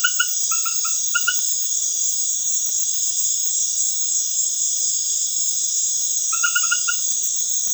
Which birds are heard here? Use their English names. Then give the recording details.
none. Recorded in dense forest near Puerto Asís, Putumayo, Colombia, on 19 February 2024 at 20:00. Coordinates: 0.505, -76.324. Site G6467